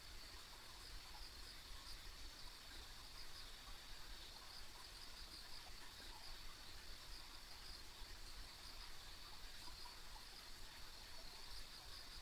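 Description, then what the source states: Insects trilling continuously at a high pitch over a steady low background rumble. Ambient insect sounds recorded along a country road.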